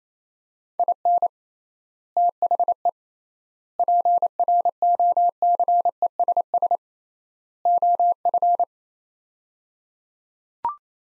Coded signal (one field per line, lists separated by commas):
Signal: Morse code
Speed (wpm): 28 wpm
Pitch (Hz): 700 Hz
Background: none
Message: IN THE PROCESS OF